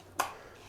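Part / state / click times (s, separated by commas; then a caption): e-bike battery into frame battery cradle / seated / 0.2 s. An e-bike battery is slid down into the bottom slots of its frame cradle, near the motor, before being swung up. A single sharp click sounds at 0.2 s as it clicks into its lower mount, then fades quickly into a quiet background hum. The battery is seated at the bottom.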